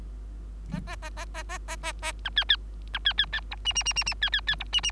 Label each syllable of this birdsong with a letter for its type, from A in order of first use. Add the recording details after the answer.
A A A A A A A A A B C C B C C C D E E E E E C C C D E E. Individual Bird3